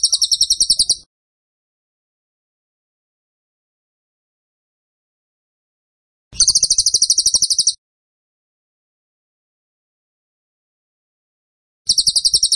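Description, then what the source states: Bird singing in short bursts of rapid, evenly spaced high chirps, each burst about a second long, separated by long silent gaps. Masteran (training) recording of a bird singing vigorously (gacor) in the tembakan style.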